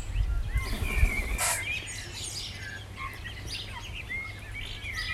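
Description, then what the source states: Birds singing, rising whistled notes and rapid chirps layered together, with a brief burst of noise near the start and a low rumble. Recorded in the morning.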